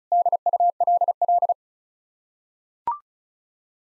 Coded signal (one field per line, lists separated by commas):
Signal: Morse code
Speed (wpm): 36 wpm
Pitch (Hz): 700 Hz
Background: none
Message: DULL